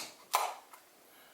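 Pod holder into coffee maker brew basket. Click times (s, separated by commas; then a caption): 0.4 s. A single-serve pod holder is pushed down into the plastic brew basket of a Proctor Silex Single-Serve Coffee Maker. It snaps into place with a sharp, bright click at 0.4 s, followed by a much fainter tick at 0.7 s and quiet room tone. The holder is seated and ready to go.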